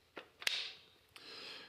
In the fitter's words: Till we hear the click.